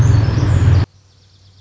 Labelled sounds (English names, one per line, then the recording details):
Pacific Wren
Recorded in Sonoma County, California